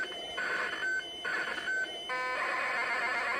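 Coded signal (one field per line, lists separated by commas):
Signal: ZX Spectrum tape loading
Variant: Speedlock turbo loader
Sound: harsh buzzing bursts with short tones, then a brief square-wave tone and rasping data screech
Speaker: that would load the screen stream quite fast as you can see and then he load the main game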